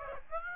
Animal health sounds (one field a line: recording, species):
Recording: mosquito wingbeat signal from an infrared sensor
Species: Aedes aegypti